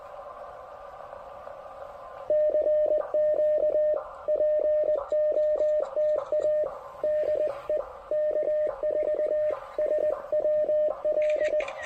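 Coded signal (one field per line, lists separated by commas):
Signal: Morse code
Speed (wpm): 20 wpm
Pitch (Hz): 610 Hz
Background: radio noise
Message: CQ POTA DE K4 SWL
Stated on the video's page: QRP portable park activation (POTA) in CW on 20 and 17 meters, Elecraft K2 with AX1 portable antenna.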